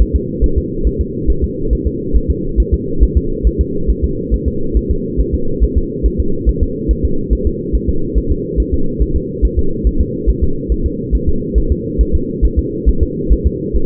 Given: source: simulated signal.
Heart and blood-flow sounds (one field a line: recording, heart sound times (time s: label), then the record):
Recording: fetal heart sounds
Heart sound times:
0.02 s: S1
0.16 s: S2
0.44 s: S1
0.58 s: S2
0.87 s: S1
1.01 s: S2
1.30 s: S1
1.44 s: S2
1.73 s: S1
1.87 s: S2
2.16 s: S1
2.30 s: S2
2.60 s: S1
2.74 s: S2
3.03 s: S1
3.17 s: S2
3.47 s: S1
3.61 s: S2
3.90 s: S1
4.04 s: S2
4.34 s: S1
4.48 s: S2
4.77 s: S1
4.91 s: S2
5.20 s: S1
5.34 s: S2
5.63 s: S1
5.77 s: S2
6.06 s: S1
6.20 s: S2
6.49 s: S1
6.63 s: S2
6.91 s: S1
7.05 s: S2
7.33 s: S1
7.47 s: S2
7.75 s: S1
7.89 s: S2
8.18 s: S1
8.32 s: S2
8.60 s: S1
8.74 s: S2
9.02 s: S1
9.16 s: S2
9.45 s: S1
9.59 s: S2
9.87 s: S1
10.01 s: S2
10.30 s: S1
10.44 s: S2
10.72 s: S1
10.86 s: S2
11.15 s: S1
11.29 s: S2
11.58 s: S1
11.72 s: S2
12.01 s: S1
12.15 s: S2
12.45 s: S1
12.59 s: S2
12.89 s: S1
13.03 s: S2
13.33 s: S1
13.47 s: S2
13.76 s: S1
From the record:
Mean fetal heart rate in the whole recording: 140 bpm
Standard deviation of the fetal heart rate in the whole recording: 2 bpm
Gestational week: 34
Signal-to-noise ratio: -8.1 dB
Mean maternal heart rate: 72 bpm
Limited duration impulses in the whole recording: present